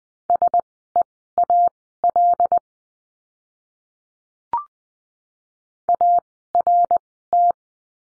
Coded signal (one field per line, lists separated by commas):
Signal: Morse code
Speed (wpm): 20 wpm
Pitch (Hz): 700 Hz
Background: none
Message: SEAL ART